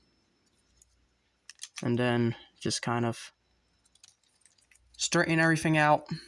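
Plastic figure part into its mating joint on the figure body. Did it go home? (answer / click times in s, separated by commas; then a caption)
yes / 1.5 s. During transformation of a plastic Transformers War For Cybertron Kingdom Deluxe Class Waspinator action figure, parts are sandwiched together and a figure part is pushed into its mating joint on the body, giving a sharp plastic click at 1.5 s as it locks into place. Someone talks, and a few fainter clicks follow around 3.9 to 4.7 s as the figure is straightened out. The part is seated.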